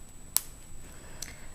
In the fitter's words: If you want to unsnap it, just pull it upward. See?